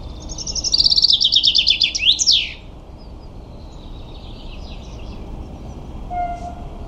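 Common chaffinch delivers one quick descending trill of repeated notes finishing in a swooping end-note, followed by several seconds of quiet hiss with faint tones.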